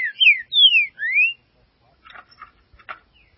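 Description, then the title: Green-winged saltator song: three loud, rich whistled slurs, two falling and one rising, followed by a scatter of faint clicking notes. "Trinca Ferro"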